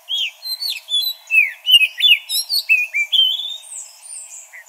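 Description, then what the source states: Magpie-robin singing a fast, varied string of whistled and slurred notes with high thin phrases, nearly continuous throughout. Local name kacer; bird described as gacor, vigorously and continuously singing.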